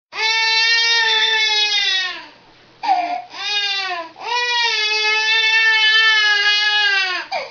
Baby Crying.